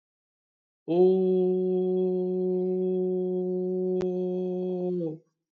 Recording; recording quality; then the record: sustained vowel as in boot; excellent, no background noise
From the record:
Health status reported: respiratory illness, not identified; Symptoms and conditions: chronic lung disease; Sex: male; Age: 26 years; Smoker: not ticked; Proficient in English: yes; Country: India